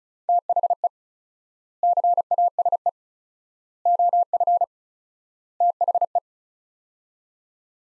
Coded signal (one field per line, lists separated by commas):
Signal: Morse code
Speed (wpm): 36 wpm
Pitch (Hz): 700 Hz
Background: none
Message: THE CASE OF THE